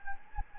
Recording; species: mosquito wingbeat signal from an infrared sensor; Anopheles gambiae